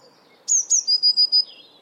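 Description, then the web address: Eurasian blue tit with two very high, falling notes and then four even, clear notes in quick succession on one pitch, ending in a soft lower twitter. "cianscape birddata Deverinetal 2025 File origin Bird Only Cy Ca"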